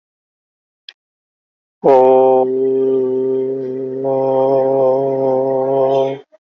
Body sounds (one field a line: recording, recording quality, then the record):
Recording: sustained vowel as in boot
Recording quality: excellent, no background noise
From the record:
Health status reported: healthy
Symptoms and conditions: cough, asthma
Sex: male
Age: 44 years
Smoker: not ticked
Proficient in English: yes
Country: India